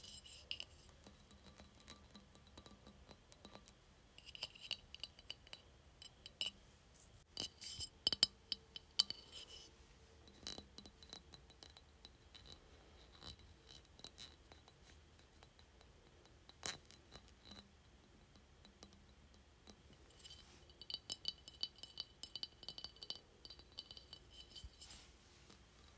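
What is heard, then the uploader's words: Tapping on a glass container comes in irregular clusters of sharp, bright clicks and clinks, with scraping bits and a quiet low hum underneath. ASMR Tapping Glass Container.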